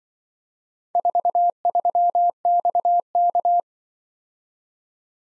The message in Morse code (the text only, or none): 43XK